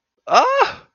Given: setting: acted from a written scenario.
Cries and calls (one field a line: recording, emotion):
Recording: vocal sound without words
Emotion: negative surprise